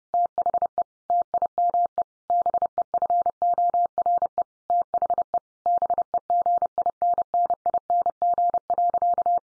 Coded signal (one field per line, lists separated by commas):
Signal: Morse code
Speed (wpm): 30 wpm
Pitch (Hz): 700 Hz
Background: none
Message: THE TIME BEFORE THE BEGINNING.